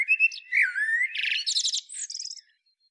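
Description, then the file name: Common blackbird singing a mellow, slurred whistled phrase that breaks into fast, high, scratchy twitters and trills toward the end, then falls silent. "Turdus merula"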